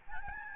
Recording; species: mosquito wingbeat signal from an infrared sensor; Aedes albopictus